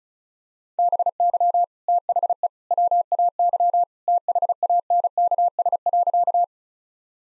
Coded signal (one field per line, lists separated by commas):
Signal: Morse code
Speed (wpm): 34 wpm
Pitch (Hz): 700 Hz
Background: none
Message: BY THE WAY THANKS.